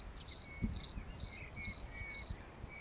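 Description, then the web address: Cricket chirping, five bright pulsed chirps evenly spaced about every half second, with faint low rustling beneath. Recorded during an evening walk. "Abendspaziergang. Grillen"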